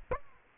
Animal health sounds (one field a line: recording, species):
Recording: mosquito wingbeat signal from an infrared sensor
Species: Aedes aegypti